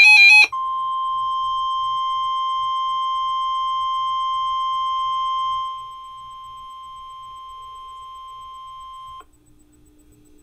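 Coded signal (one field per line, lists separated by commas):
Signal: Emergency Alert System (SAME) tones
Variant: 1050 Hz attention tone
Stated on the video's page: Flash flood warning received on NOAA Weather Radio station in Baltimore on 162.400 MHz.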